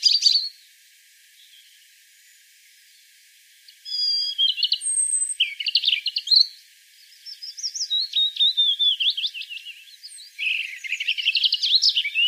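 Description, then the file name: European robin song: a sharp note, a long pause, then several long, varied phrases of high warbles, sliding whistles and fast twittering trills. "Erithacus rubecula"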